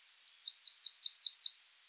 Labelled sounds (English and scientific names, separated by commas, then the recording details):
Yellowhammer (Emberiza citrinella) song
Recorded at under 5 m from the bird
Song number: 105